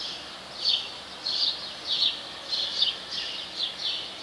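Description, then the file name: House sparrow chirps, several short notes repeated a little under once a second, over a steady hiss of background noise. "Passer domesticus"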